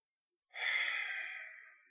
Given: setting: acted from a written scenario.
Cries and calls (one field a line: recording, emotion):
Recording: vocal sound without words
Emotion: contempt